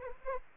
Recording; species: mosquito wingbeat signal from an infrared sensor; Anopheles arabiensis